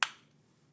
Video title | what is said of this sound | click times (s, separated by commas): Winter Activity- Spin Art Machine | just like that okay so you're going to slide it until it clicks and | 0.0 s